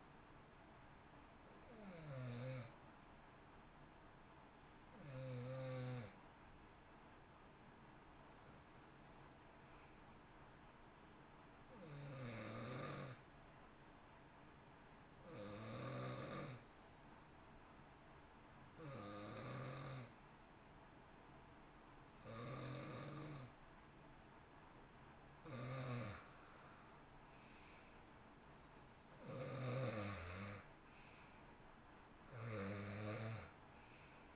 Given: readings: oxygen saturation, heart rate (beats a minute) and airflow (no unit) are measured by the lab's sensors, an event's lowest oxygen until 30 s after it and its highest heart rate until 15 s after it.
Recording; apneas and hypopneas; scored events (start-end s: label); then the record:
breathing in sleep by a voice recorder at the bedside; 1
14.00-28.20 s: hypopnea (N2, oxygen 93% highest, then 87% lowest, heart rate 60 at the start, 65 highest)
From the record:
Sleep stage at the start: N2 (light sleep); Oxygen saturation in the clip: 89 to 93%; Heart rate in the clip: 57 to 65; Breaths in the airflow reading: 10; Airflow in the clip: -10.0 to 12.0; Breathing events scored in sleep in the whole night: 328 in 6.3 hours asleep